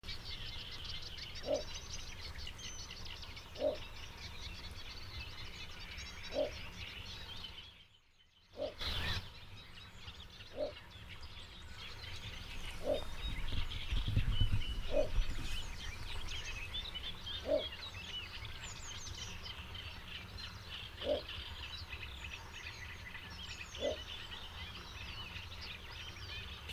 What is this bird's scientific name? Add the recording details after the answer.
Ixobrychus minutus. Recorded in the wild. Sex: male. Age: adult. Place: Hobrechtsfelder Rieselfelder, Naturpark Barnim, Berlin, DE. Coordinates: 52.6683, 13.4686. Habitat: pond. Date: 2008-06-15. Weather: stark bewölkt, fast windstill, ca. 13°C. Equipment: Sound Devices 702, Sennheiser MKH 70, Windkorb. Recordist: Frommolt, Karl-Heinz. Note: Großer Reinigungsteich, südwestliches Becken: Rufe einer Zergdommel. Tier nicht gesehen. Entfernung ca. 20 m. Ruft in einem 45 m x 30 m großem Becken mit einem reinen Phragmites-Bestand. Aufnahmepegel zweimal geändert - deutlich zu hören